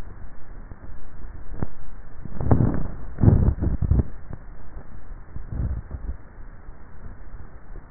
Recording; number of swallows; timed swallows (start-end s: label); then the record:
swallowing sounds by neck microphone; 1
2.55-3.48 s: swallow
From the record:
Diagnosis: dysphagia